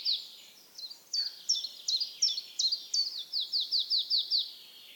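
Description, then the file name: Marsh tit calling a rapid run of high, sharp notes, some with downward slurs, for about four and a half seconds. "Poecile palustris"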